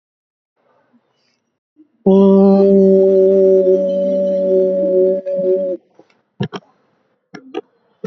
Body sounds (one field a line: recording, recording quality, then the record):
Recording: sustained vowel as in boot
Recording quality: excellent, no background noise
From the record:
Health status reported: recovered from COVID-19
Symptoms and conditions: none ticked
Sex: female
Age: 65 years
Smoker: not ticked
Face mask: worn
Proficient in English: no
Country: India